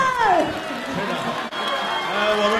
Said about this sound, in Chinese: 笑死你！别鼓掌。 哇，起哄了！真的。